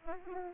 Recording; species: mosquito wingbeat signal from an infrared sensor; Aedes aegypti